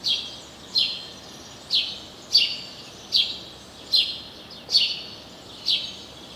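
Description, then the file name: House sparrow calling with a series of loud, bright chirps, a little more than one a second, over a hissing background. "Passer domesticus"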